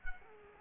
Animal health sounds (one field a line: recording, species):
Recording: mosquito wingbeat signal from an infrared sensor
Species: Culex quinquefasciatus